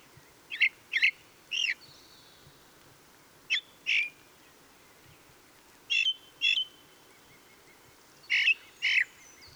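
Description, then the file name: Ring ouzel song: short harsh phrases of two or three notes, repeated every two to three seconds. Song; recorded on 26 April 2014. "Ringdrossel. Michle Pron"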